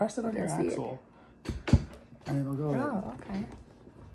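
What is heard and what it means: A metal roller skate bearing is handled and pressed by thumb toward the hub of a urethane wheel while someone talks, with a brief sharp knock at about 1.7 seconds between the speech. Nothing has seated or clicked into the wheel yet.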